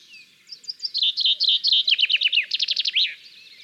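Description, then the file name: Common chaffinch song, a series of sharp high notes and a fast trill closing with a flourish. "Fringilla coelebs 270411"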